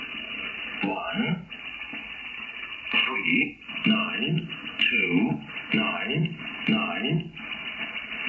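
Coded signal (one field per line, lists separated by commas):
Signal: numbers station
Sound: about six short spoken words evenly spaced, muffled voice over shortwave static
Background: radio static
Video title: Cross Country Wireless SDR receives Numbers Station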